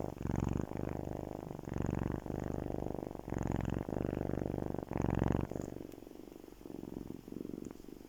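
Cat purring, a deep rumbling vibration that swells and fades with each breath, roughly once a second, softening toward the end.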